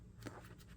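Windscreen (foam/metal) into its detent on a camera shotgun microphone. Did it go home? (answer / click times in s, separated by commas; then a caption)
yes / 0.3 s. A foam/metal windscreen is slid back into its detent on a MOVO VXR10 compact camera shotgun video microphone. A short, sharp click sounds at 0.3 s over a faint low background hum. The windscreen clicks into place and seats with a secure fit.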